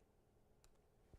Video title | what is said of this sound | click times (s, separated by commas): TVON Live Fine Jewelry Shopping with Lauren Blair - December 10, 2025 | click you'll hear it when you hear it click you know it's locked | 0.6 s